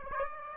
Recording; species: mosquito wingbeat signal from an infrared sensor; Aedes aegypti